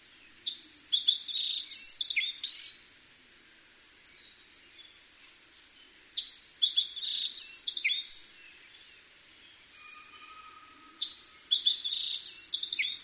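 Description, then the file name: Black-faced bunting singing three similar phrases of quick, high twittering notes, each about two seconds long, separated by pauses of several seconds, with faint background calls. "aoji"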